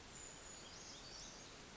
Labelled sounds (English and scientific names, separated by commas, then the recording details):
Brown Creeper (Certhia americana)
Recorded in Sonoma County, California